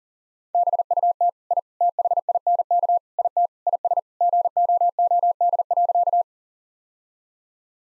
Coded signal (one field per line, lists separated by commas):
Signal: Morse code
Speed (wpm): 37 wpm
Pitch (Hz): 700 Hz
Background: none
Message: BUT I THINK IT IS GOOD.